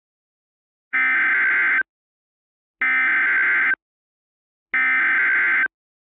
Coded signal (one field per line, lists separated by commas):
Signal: Emergency Alert System (SAME) tones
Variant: header bursts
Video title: EAS MOCK: Marshire TOR 2008